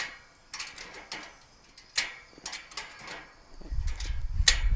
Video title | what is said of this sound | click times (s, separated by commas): The Weber Charcoal Basket Mod That’ll Save You From Wasting Your Money On Overpriced Gimmicks | Right there. Now we're locked into place. | 4.5 s